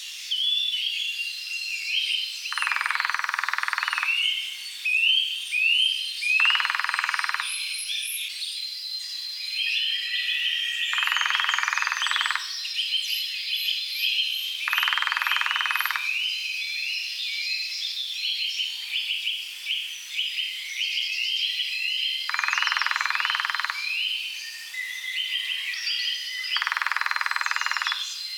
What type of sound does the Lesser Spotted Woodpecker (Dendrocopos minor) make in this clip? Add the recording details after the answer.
drumming. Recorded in the wild. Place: Oberrotweil am Kaiserstuhl, Baden-Württemberg, DE. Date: 1983-04-16. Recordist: Schwarz, Dieter